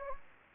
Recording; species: mosquito wingbeat signal from an infrared sensor; Anopheles gambiae